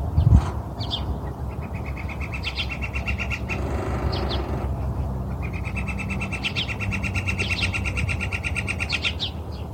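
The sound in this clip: Northern flicker calling: a rapid, even series of repeated notes in two long bouts, with a few higher chips above and a steady low background rumble.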